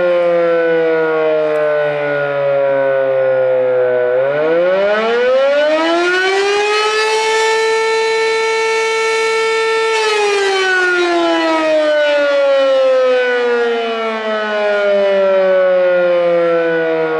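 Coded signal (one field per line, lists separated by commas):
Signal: siren signal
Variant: Fedelcode Model 7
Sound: loud mechanical siren winding up, holding a high wail, then slowly dropping in pitch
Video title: (8 Port) Fedelcode Model 7 Siren Test, Attack, Marseilles, IL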